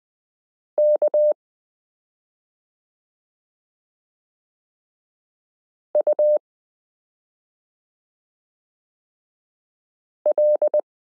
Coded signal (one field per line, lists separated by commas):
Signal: Morse code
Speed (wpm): 20 wpm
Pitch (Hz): 600 Hz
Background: none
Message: K U L